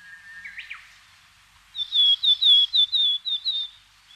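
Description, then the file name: Willow tit delivering a run of several slurred, down-falling whistled notes in quick succession, preceded by a lower short whistle. "kogara"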